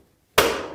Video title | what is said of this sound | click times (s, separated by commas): Whirlpool Washer Repair - How to Replace the Water Inlet Valve (Whirlpool Part #W11038689) | and then push down and that spring clip will lock into place and you'll hear it make a little snap as it does | 0.4 s